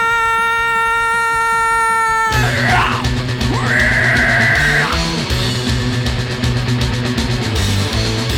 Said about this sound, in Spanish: Bueno, pues ahí lo tenéis con ese grito salvaje también que se marca el chuli guitarrista